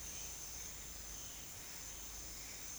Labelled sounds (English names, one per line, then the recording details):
none
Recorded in secondary vegetation near Puerto Asís, Putumayo, Colombia, on 22 June 2025 at 09:30
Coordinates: 0.485, -76.322
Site GP06